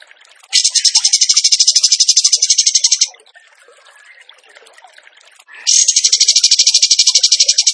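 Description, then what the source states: Bird song: two long, loud trills of fast pulsing buzzy notes, with quiet faint chirps in the gap. Masteran training recording of a gacor bird singing in tembakan style.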